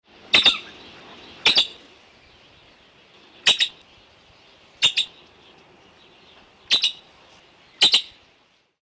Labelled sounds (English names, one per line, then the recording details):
Red-billed Blue Magpie
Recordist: Tembrock, Günter
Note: Rufe